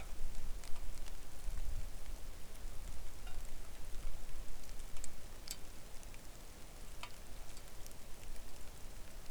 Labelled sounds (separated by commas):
rain